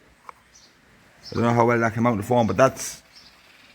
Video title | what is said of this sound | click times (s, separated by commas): Lift control on the case 956xl | you hear a click here now. | 0.3 s